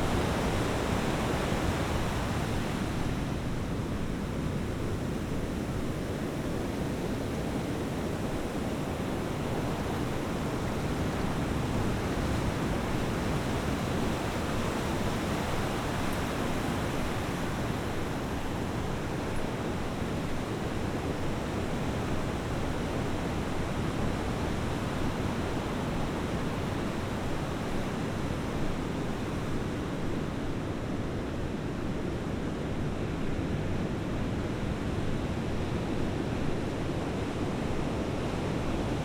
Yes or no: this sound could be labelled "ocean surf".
yes